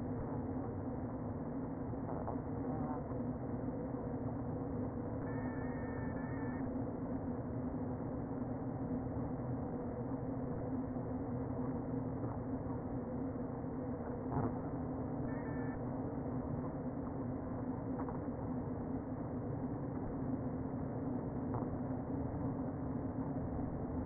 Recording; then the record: honeybee colony, microphone inside the hive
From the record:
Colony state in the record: queen present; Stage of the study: before two queens were removed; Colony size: about 60,000 bees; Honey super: yes